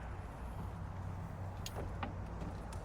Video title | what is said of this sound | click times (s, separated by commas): Car hauler RV/Bus conversion upgrades. massive improvement | Haha, it's literally perfect. Can you hear the click? | 1.7 s, 2.0 s